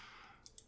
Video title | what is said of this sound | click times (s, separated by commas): Nemesis Transforms Masterpiece MP-50 Tigatron | same thing on this side slide this out this one doesn't click as hard | 0.6 s